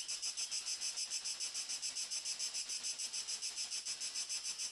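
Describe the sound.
Cricket chirps: bright, high-pitched pulses in a rapid, very regular rhythm, steady throughout.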